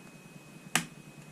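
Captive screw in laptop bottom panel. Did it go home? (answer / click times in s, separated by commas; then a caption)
released / 0.8 s. A captive screw at the front of an Alienware M15 laptop's bottom panel, held by a plastic clip, is turned to the left (counterclockwise) until it clicks free of its thread. A single sharp, bright click is heard at 0.8 s over a faint steady hiss, and the screw is released.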